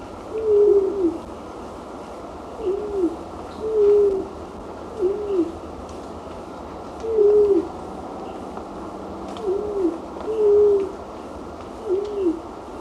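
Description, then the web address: White-throated quail-dove repeating deep hollow coos, short falling notes spaced one to two seconds apart, against a constant background hiss. Recorded in Ecuador. "Birds of Ecuador. White-throated Quail-Dove"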